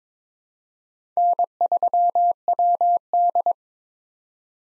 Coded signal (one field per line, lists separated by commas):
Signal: Morse code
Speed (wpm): 22 wpm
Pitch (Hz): 700 Hz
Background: none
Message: N3WD